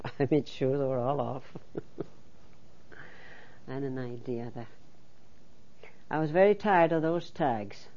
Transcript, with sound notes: I made sure they were all off. ( she laughs ) An idea, that. I was very tired of those tags.